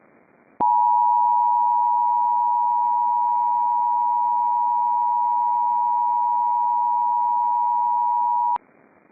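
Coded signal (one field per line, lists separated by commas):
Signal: Emergency Alert System (SAME) tones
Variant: 853 and 960 Hz attention tone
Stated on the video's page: Fictional EAS scenario based on a Pokémon game setting.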